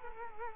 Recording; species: mosquito wingbeat signal from an infrared sensor; Culex quinquefasciatus